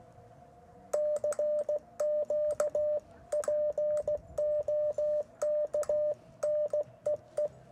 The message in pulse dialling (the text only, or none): none